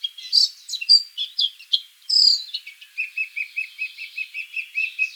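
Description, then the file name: Eurasian blackcap song: a varied scratchy warble first, followed by a steady, fast run of repeated clear notes to the end. "Sylvia atricapilla"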